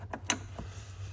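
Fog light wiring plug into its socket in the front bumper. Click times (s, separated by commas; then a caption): 0.3 s. A fog light wiring plug on a 2016 Range Rover Sport is pushed into its socket in the front bumper after the connector is inspected. Several short plastic clicks are heard, with the loudest, sharpest snap at 0.3 s, where the plug seats, plus fainter clicks around it over a low steady hum. The connector snaps in and is confirmed seated.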